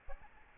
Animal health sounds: mosquito wingbeat signal from an infrared sensor; Aedes albopictus

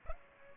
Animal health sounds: mosquito wingbeat signal from an infrared sensor; Culex pipiens

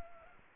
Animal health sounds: mosquito wingbeat signal from an infrared sensor; Anopheles gambiae

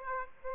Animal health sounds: mosquito wingbeat signal from an infrared sensor; Aedes aegypti

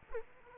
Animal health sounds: mosquito wingbeat signal from an infrared sensor; Culex quinquefasciatus

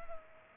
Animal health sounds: mosquito wingbeat signal from an infrared sensor; Culex pipiens

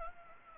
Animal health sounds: mosquito wingbeat signal from an infrared sensor; Anopheles gambiae

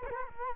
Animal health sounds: mosquito wingbeat signal from an infrared sensor; Culex quinquefasciatus

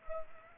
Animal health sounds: mosquito wingbeat signal from an infrared sensor; Culex pipiens

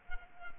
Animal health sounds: mosquito wingbeat signal from an infrared sensor; Culex quinquefasciatus

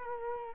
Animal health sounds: mosquito wingbeat signal from an infrared sensor; Culex quinquefasciatus

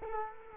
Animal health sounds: mosquito wingbeat signal from an infrared sensor; Culex quinquefasciatus

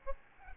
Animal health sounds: mosquito wingbeat signal from an infrared sensor; Aedes albopictus

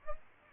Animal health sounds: mosquito wingbeat signal from an infrared sensor; Aedes aegypti

